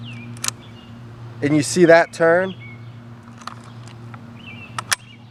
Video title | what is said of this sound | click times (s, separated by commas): Hatsan Bullboss .25 cal + Scope GEAR REVIEW! | You just got to make sure you pull all the way back until it clicks, | 0.5 s